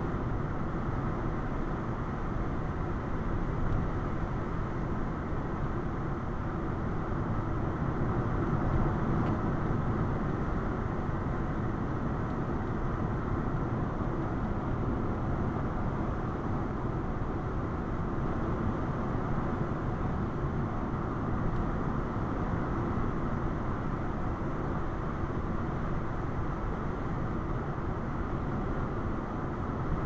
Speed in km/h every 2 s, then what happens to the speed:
95, 95, 95, 95, 95, 95, 97, 97, 97, 97, 97, 97, 97, 97, 97.
0-30 steady at about 97.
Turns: none.